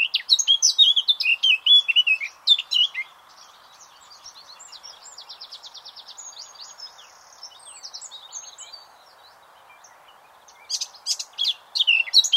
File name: Sylvia atricapilla